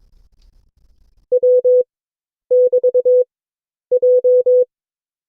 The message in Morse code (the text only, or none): W<BT>J